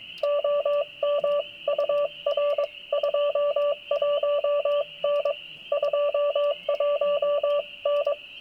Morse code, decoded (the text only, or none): OM UR 21N 21N